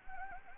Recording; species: mosquito wingbeat signal from an infrared sensor; Anopheles gambiae